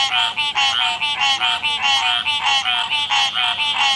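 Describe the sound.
Frogs croaking together, rapid nasal notes in a near-continuous chorus.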